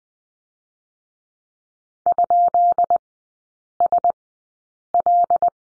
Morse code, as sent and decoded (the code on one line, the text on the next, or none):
..--.. ... .-..
?SL